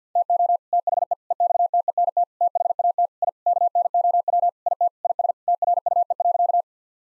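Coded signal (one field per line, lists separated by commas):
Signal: Morse code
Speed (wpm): 48 wpm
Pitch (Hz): 700 Hz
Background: none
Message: TO THE EXTENT THAT I KNOW IT IS TRUE.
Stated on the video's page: Morse code sentences of common four-word phrases at 50 wpm, sent, then spoken, then sent again; first words spoken beforehand as a guide; head-copy practice.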